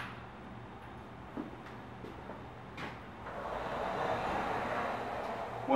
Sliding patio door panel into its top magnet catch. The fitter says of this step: once you get to this point it's going to be his whoosh and click